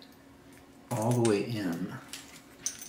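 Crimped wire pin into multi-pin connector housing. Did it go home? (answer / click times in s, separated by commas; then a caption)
no / none. A crimped wire pin is pushed into the back of a 14-pin plastic trailer-style connector housing while someone talks over faint handling noise and a few small taps. The pin is expected to click once fully inserted, but it fails to click in, and nothing has seated or clicked yet.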